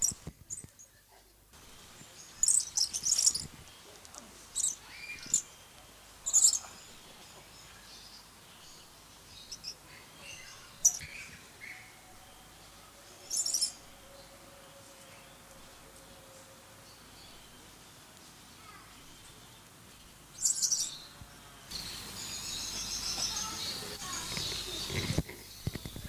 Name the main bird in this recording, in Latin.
Charmosyna papou